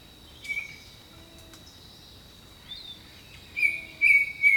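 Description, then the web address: Jungle birds singing: a short whistled note near the start, then a run of clear high whistled phrases in the last second, over a steady high insect-like drone. "Echoes of Nature - Jungle Talk Jungle Birdsong"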